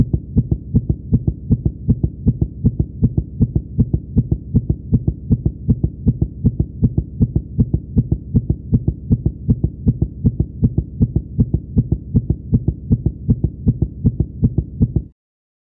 Heart beat very fast.